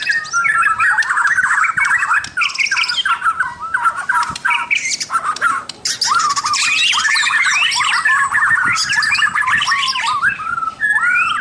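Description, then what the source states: White-rumped shama pouring out a dense, nonstop stream of chattering whistles, clicks and squeaky warbles, with only brief pauses throughout. Local name murai batu mahkota.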